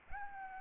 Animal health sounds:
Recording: mosquito wingbeat signal from an infrared sensor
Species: Aedes albopictus

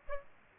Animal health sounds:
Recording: mosquito wingbeat signal from an infrared sensor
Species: Aedes aegypti

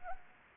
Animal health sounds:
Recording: mosquito wingbeat signal from an infrared sensor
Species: Anopheles arabiensis

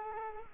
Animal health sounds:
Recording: mosquito wingbeat signal from an infrared sensor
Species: Culex quinquefasciatus

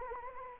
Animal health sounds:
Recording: mosquito wingbeat signal from an infrared sensor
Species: Anopheles arabiensis

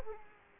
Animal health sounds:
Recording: mosquito wingbeat signal from an infrared sensor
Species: Culex quinquefasciatus

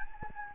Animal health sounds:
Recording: mosquito wingbeat signal from an infrared sensor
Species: Anopheles gambiae

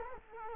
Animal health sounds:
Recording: mosquito wingbeat signal from an infrared sensor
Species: Culex quinquefasciatus

